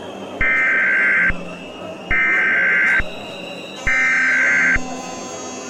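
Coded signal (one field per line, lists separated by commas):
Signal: Emergency Alert System (SAME) tones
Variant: header bursts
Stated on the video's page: Fictional mock EAS scenario about a multiverse invasion.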